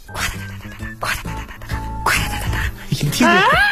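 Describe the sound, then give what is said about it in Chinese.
A person mimics a hen clucking with a run of short, throaty, pitched clucks, ending in a louder, wavering squawk that rises and falls. “怎么改母鸡了？”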